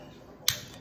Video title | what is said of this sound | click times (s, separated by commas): Sig sauer 1911 22 lr | tout seul on entend un clic la petite B verrouillage est mise il y a pas de dépassement on | 0.5 s